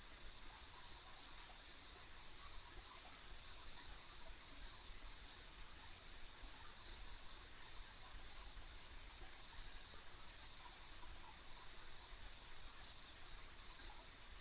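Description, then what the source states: Chirping insects keep up an unbroken high pulsing trill across the whole stretch, with a dense low background roar underneath. Ambient insect sounds recorded along a country road.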